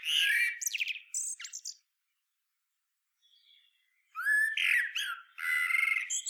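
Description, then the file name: Common blackbird delivering rich fluted notes and a high chattering tail, silence, then a quiet mumble before another loud warbling, scratchy phrase. "Turdus merula"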